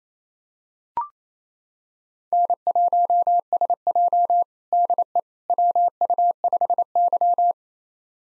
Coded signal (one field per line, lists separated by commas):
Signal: Morse code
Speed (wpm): 27 wpm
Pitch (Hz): 700 Hz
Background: none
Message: N1SJ DE WU5Y